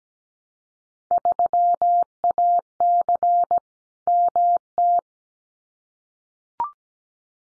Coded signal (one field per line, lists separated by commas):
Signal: Morse code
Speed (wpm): 17 wpm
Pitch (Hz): 700 Hz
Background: none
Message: 3AC MT